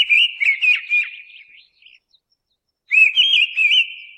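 Mistle thrush song: two short, clear fluted phrases of warbled whistles, separated by a pause of over a second, with faint squeaky notes above.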